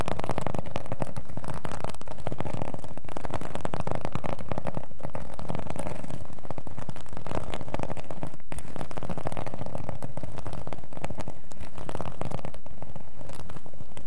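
Scratching goes on without a break for the whole fourteen seconds, a dense, rapid stream of rough crackling strokes. The texture stays busy and even, with most of the weight in the middle and lower range, and a brief dip just past eight seconds.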